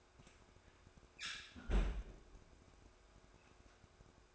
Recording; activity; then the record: daily activity, microphone in the room; close fridge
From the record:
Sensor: 2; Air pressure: 1004.5 hPa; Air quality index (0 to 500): 184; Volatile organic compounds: 10 ppm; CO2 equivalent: 2209 ppm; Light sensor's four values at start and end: 4/11/4/4 and 4/11/4/4